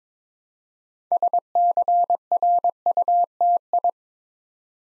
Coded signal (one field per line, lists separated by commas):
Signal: Morse code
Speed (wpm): 23 wpm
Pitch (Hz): 700 Hz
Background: none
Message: SCRUTI